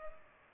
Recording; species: mosquito wingbeat signal from an infrared sensor; Culex pipiens